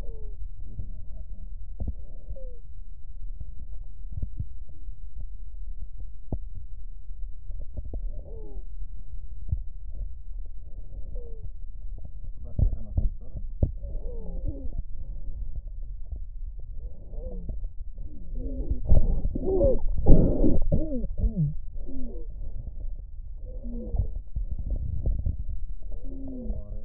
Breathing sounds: lung sounds by stethoscope; right anterior apical chest; quiet breathing, then deep breathing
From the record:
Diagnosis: asthma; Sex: female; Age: 56 years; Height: 161 cm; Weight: 85 kg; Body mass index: 32.8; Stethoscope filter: extended mode

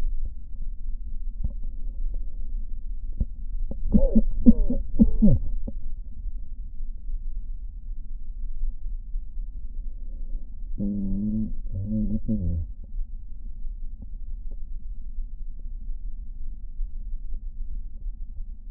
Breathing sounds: lung sounds by stethoscope; left posterior basal chest; quiet breathing, then cough and speech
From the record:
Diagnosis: COPD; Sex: male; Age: 59 years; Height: 175 cm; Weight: 73 kg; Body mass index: 23.8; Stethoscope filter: diaphragm mode

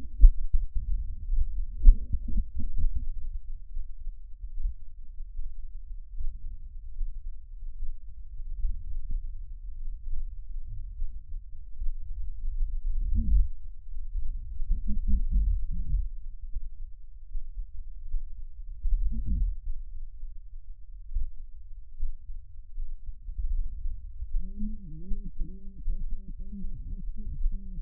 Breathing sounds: lung sounds by stethoscope; left posterior basal chest; quiet breathing, then cough and speech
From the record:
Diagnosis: pulmonary infection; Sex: female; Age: 74 years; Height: 160 cm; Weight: 66 kg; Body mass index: 25.8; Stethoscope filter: bell mode

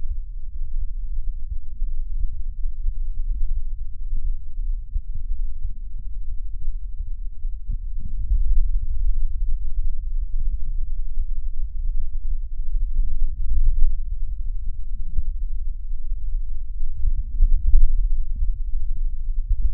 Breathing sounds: lung sounds by stethoscope; left anterior apical chest; quiet breathing, then deep breathing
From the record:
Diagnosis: COPD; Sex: male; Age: 81 years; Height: 166 cm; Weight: 98.7 kg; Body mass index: 35.8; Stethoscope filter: bell mode

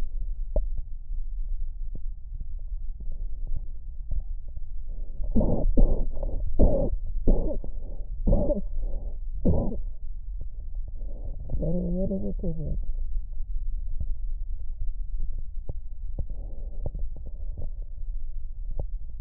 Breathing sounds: lung sounds by stethoscope; left posterior basal chest; quiet breathing, then cough and speech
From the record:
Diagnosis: asthma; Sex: female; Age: 77 years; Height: 160 cm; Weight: 68.7 kg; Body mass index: 26.6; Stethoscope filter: extended mode

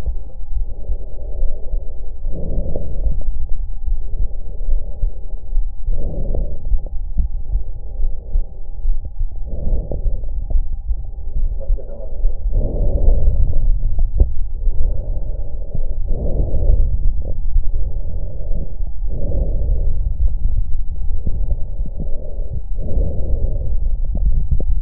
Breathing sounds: lung sounds by stethoscope; left anterior apical chest; quiet breathing, then deep breathing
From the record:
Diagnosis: interstitial lung disease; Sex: female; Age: 72 years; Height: 153 cm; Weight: 71 kg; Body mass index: 30.3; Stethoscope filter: extended mode

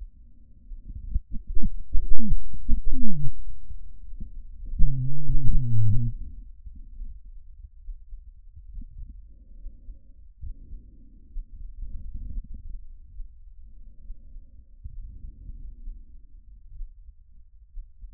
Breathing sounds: lung sounds by stethoscope; trachea; quiet breathing, then cough and speech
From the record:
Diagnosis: COPD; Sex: male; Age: 77 years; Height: 164 cm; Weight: 58.2 kg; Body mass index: 21.6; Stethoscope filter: bell mode

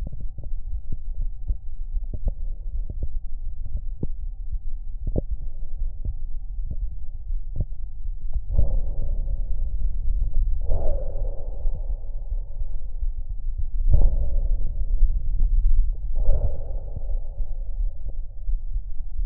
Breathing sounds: lung sounds by stethoscope; left anterior apical chest; quiet breathing, then deep breathing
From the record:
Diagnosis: COPD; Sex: male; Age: 59 years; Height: 171 cm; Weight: 91.4 kg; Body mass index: 31.3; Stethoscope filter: extended mode

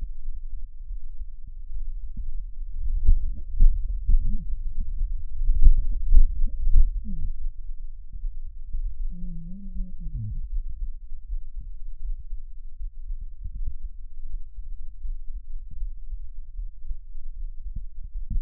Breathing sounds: lung sounds by stethoscope; left anterior apical chest; quiet breathing, then cough and speech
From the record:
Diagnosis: asthma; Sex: female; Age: 66 years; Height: 172 cm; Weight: 76 kg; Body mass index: 25.7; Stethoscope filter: bell mode

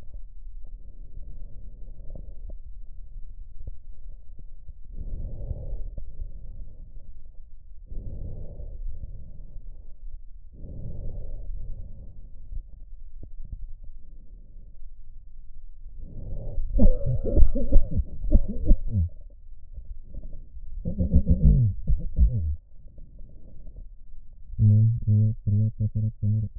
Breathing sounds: lung sounds by stethoscope; right posterior basal chest; quiet breathing, then cough and speech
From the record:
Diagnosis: none (healthy); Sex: male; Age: 45 years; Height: 173 cm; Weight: 92 kg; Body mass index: 30.7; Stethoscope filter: extended mode

